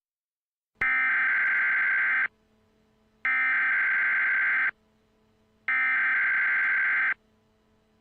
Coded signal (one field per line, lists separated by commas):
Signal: Emergency Alert System (SAME) tones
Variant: header bursts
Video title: Doctor Who - Steven Universe Crossover Episodes - Emergency Alert System #1